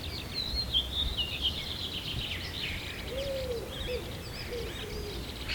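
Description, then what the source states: Birds: overlapping high chirping and warbling from many birds, then a short series of low hooting coos in the second half, against steady background noise. Birds at sunrise, early morning.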